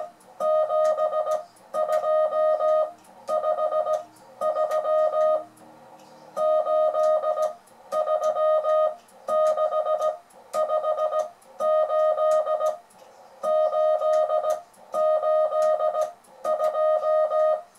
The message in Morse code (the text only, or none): 72 5 3 8 3 6 58 8 8 2